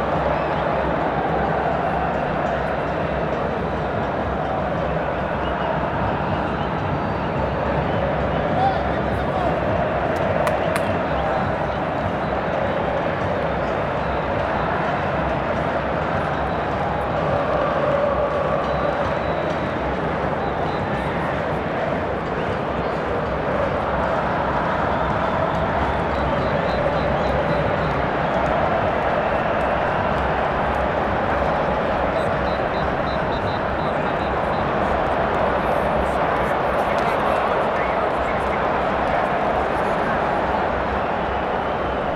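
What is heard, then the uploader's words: Football stadium crowd at Wembley, a dense, steady roar of many voices with no clear breaks, holding an even level throughout. Live Football Stadium | Ambience. Sound Recorded at Wembley.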